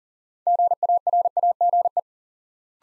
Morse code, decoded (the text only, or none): GARAGE